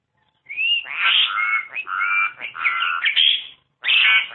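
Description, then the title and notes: Starling song: a loud, clean string of warbled whistles and fluty slurred notes, a brief pause, then another bright whistled burst. "suara burung jalak"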